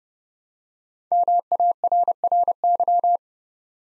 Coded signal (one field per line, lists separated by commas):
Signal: Morse code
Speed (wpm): 30 wpm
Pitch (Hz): 700 Hz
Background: none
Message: MARRY